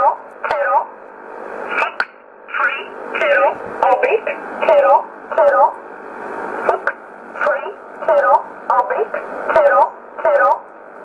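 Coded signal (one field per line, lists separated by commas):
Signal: numbers station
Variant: E11 Oblique, English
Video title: 24 04 2020 E11 Oblique Numbers station in English 0716 on 9963 unknown tx site in USB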